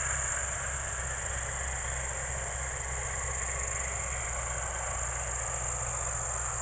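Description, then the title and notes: Crickets trilling continuously at high pitch, backed by the steady low rumble of an engine. Evening crickets at Spalona Pass, Bystrzyckie Mountains, Poland, 18 July 2024 around 19:00; old tractor mowing grass in the village below audible. "Spalona 6, 57-516, Polska - Spalona Pass - crickets and haymaking. Przełęcz Spalona w Górach Bystrzyckich. wieczorne świerszcze"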